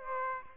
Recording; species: mosquito wingbeat signal from an infrared sensor; Aedes aegypti